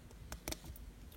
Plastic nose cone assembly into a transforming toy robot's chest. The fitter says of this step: You'll hear it click into place,